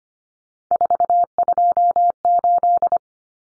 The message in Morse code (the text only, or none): 428